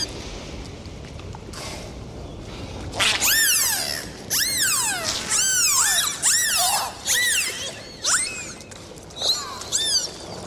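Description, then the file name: Dolphin whistles: loud, repeated arching whistles rich in harmonics, each rising then dropping, coming in bursts roughly every second after a quieter opening. "Zvuki prirody - Delfiny"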